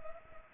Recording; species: mosquito wingbeat signal from an infrared sensor; Culex pipiens